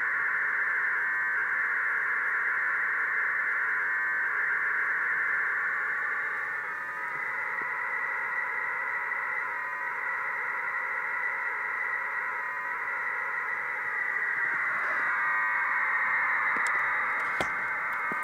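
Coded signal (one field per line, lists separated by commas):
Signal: radiosonde or satellite telemetry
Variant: 1200 baud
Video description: Receiving the signal from the hadie flight computer, 10km away. This test was to see if it was possible to fly a balloon transmitting at the much faster speed of 1200 baud.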